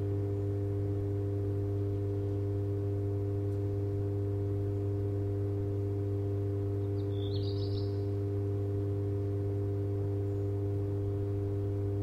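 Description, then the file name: Black redstart song: a single short scratchy, warbled phrase midway through, over a steady deep electrical hum with several constant tonal lines. Singing on Leyendeckerstrasse, Cologne, Germany, beside a humming electrical transformer box. "Brummender Trafokasten und singender Hausrotschwanz in der Leyendeckerstrasse"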